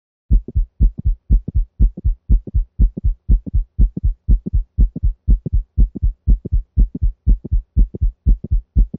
Mid-systolic clicks in the mitral valve region. The sound cadence is lub-click-dup. 120 beats per minute.